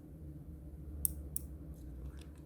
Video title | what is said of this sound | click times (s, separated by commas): Sony Ericsson T280i - brought back to life | you can hear them clicking out that's not what it should do | 1.0 s, 1.4 s